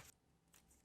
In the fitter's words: snaps in place very smoothly very nice